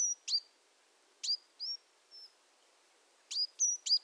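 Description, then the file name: Great tit calls: short, sharp high notes and thin whistles, given singly and in small clusters, with a quiet background. "Parus major"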